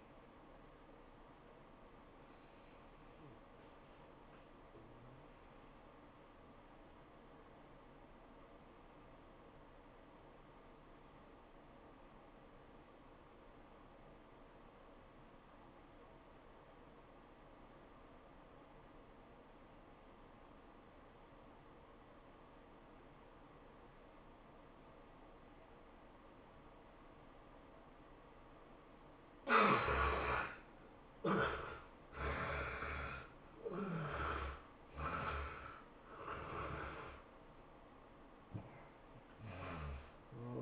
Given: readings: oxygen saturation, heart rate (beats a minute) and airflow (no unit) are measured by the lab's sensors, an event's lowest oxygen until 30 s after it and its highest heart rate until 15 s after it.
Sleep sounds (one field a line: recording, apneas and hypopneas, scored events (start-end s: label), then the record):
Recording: breathing in sleep by a voice recorder at the bedside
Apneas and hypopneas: 1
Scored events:
6.00-29.00 s: obstructive apnea (N1, oxygen 96% highest, then 68% lowest, heart rate 95 at the start, 108 highest)
16.00-40.62 s: new sleep stage, N2 (light sleep)
From the record:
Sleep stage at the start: N1 (lightest sleep)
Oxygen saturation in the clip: 69 to 96%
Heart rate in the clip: 80 to 107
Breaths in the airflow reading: 5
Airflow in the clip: -15.2 to 18.0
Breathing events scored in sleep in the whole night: 403 in 5.5 hours asleep